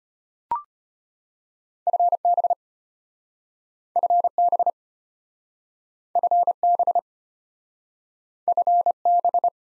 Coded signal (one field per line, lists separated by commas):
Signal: Morse code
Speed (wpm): 33 wpm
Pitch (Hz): 700 Hz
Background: none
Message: FB FB FB FB